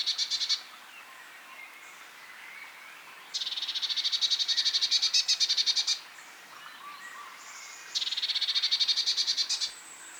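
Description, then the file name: Eurasian blue tit scolding with fast, buzzy churrs that come in three bursts, the middle one longest at nearly three seconds. "Cyanistes caeruleus"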